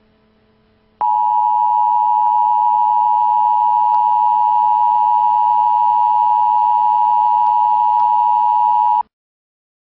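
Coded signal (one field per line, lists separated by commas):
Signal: Emergency Alert System (SAME) tones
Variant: 853 and 960 Hz attention tone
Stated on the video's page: Prank fake emergency broadcast alert for the Kansas City area, made to burn to DVD.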